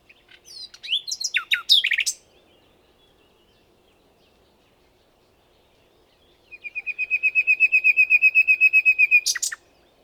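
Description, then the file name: Common nightingale singing a varied whistled phrase, then after a pause a rapid crescendo of many even, repeated notes ending in a sharp high note. "Luscinia megarhynchos"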